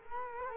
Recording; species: mosquito wingbeat signal from an infrared sensor; Culex quinquefasciatus